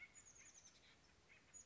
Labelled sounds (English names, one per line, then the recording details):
Chestnut-backed Chickadee
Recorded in Sonoma County, California